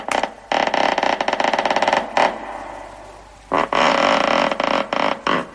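An old wooden door creaks open in two long, loud, grinding groans, the first stuttering and rasping, then a brief pause before a second drawn-out creak with a few jerky bursts at the end.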